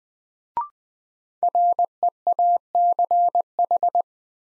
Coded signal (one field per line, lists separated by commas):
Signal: Morse code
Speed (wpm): 20 wpm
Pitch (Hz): 700 Hz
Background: none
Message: REACH